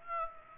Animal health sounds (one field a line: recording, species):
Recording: mosquito wingbeat signal from an infrared sensor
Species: Aedes aegypti